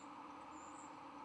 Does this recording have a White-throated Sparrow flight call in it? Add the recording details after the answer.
no. No flight call is heard. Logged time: 11:29 on 5 November 2014